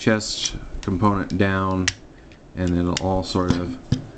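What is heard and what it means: The chest panel of a plastic transforming toy robot is handled and folded down toward the robot body while someone talks, with a few faint plastic ticks between the words. Nothing has seated or clicked into place yet.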